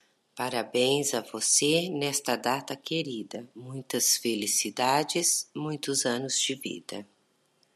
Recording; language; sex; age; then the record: short text; Brazilian Portuguese; female; 40 to 49 years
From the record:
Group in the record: control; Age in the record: 48 years